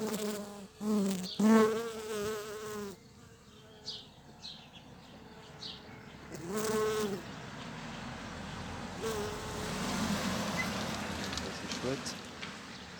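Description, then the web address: Bee wingbeat drone for about three seconds, returning briefly later, then giving way to broad rushing background noise. Flight sounds of bumblebees and bees in the local area, date code 220507. "Vols Bourdnabeilles 220507-Abeillesducoin"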